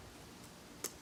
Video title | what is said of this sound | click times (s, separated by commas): Wrangler JL Soft Top Boot by JTopsUSA | can hear it snap in the back | 0.9 s